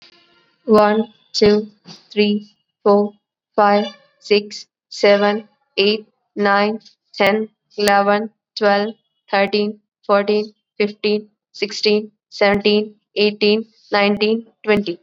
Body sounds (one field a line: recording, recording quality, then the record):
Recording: counting at a normal pace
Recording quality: excellent, no background noise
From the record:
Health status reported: COVID-19 positive, mild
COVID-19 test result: positive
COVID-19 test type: RT-PCR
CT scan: not taken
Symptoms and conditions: cough, fever, fatigue, muscle pain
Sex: female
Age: 19 years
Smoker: no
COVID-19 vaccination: both doses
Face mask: worn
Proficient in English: yes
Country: India